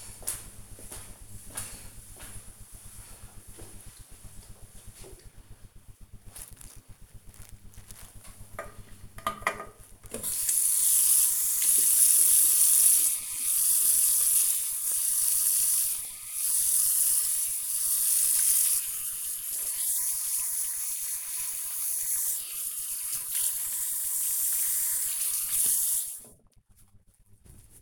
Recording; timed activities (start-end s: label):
household activities, microphone on the right wrist
8.10-27.82 s: washing hands